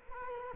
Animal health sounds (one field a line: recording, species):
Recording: mosquito wingbeat signal from an infrared sensor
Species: Culex quinquefasciatus